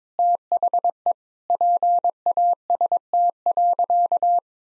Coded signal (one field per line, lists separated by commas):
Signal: Morse code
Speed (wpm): 22 wpm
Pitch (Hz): 700 Hz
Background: none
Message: THE PAST.